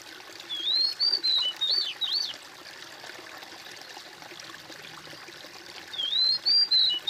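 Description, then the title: Bird song: a quick phrase of rising and falling high whistles, a pause filled with hiss, then a second, similar whistled phrase. "kOMPILASI suara bird"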